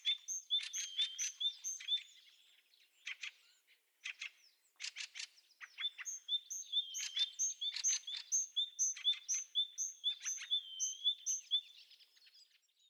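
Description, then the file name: Great tit calls opening with quick ringing notes, then dry buzzy chatters, followed by a long, steady run of clear high pinks. "Parus major"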